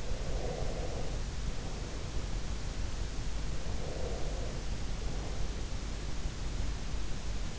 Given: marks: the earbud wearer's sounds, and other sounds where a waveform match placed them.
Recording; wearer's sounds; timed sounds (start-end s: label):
sounds in sleep by an in-ear microphone; breath
0.00-2.44 s: breath
3.41-5.56 s: breath